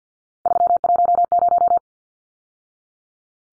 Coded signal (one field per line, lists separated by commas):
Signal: Morse code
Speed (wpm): 49 wpm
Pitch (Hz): 700 Hz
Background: none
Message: 310